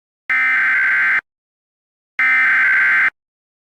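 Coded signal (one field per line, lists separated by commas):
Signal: Emergency Alert System (SAME) tones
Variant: header bursts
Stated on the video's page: Fictional EAS scenario.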